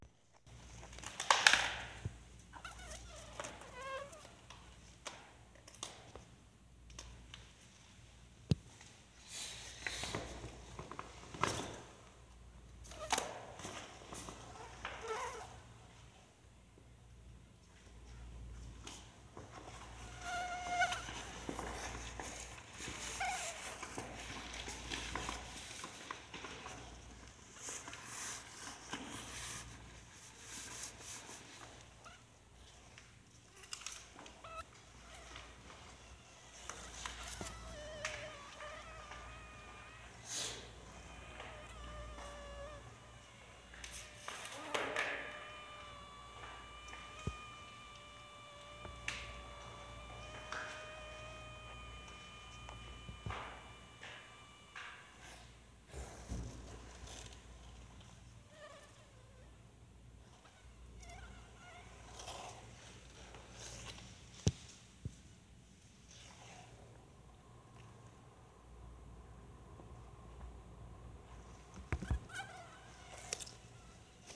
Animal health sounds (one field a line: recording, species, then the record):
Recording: mosquito flight sound by mobile phone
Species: Anopheles freeborni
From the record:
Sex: male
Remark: in a cage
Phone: Sony Xperia